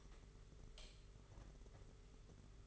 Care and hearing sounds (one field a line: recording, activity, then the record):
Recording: daily activity, microphone in the room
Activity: light on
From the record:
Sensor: 4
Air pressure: 991.8 hPa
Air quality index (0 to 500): 98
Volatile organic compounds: 11 ppm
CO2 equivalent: 2293 ppm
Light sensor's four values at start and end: 7/16/6/6 and 7/16/6/6